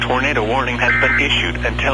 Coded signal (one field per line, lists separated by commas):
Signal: Emergency Alert System (SAME) tones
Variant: end-of-message bursts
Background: speech